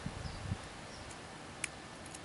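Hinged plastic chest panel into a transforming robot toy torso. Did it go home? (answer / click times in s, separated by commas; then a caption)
yes / 1.6 s. In robot mode, the hinged plastic chest panel of a transforming robot toy is pushed into the torso, past its first detent to the second click. It gives a sharp, bright click at 1.6 s, with a few soft low thumps of handling before it and a faint tick at about 2.2 s. The panel clicks fully home and locks in place as the robot's chest.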